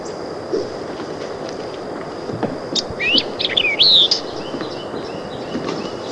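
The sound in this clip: White-eyed vireo song: a brisk burst of clicks and quickly rising and falling whistles, over persistent low rumble and a faint high steady tone.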